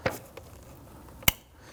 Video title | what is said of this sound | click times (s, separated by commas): How to Replace Mass Air Flow Sensor 2009-2017 Volvo XC60 | You're going to feel it in here, it click into place. | 1.3 s